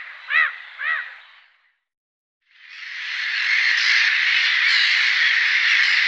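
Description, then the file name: Black-headed gull calls: two short arched, harsh notes, then a long continuous rasping scream-like sound that fills the remainder. "Skrattmas"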